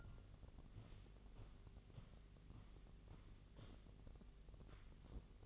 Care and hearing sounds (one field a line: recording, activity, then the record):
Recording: daily activity, microphone in the room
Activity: walk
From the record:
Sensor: 4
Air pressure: 1013.0 hPa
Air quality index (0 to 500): 174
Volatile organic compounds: 2 ppm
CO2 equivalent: 1102 ppm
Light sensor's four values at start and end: 68/169/72/77 and 70/174/74/78